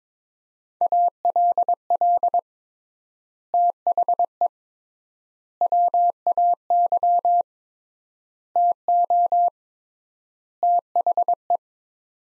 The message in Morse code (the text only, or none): ALL THE WAY TO THE